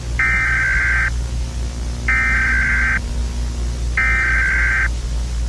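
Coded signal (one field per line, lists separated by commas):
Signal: Emergency Alert System (SAME) tones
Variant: header bursts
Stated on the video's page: Fictional EAS scenario, a simulated alert rather than a real broadcast.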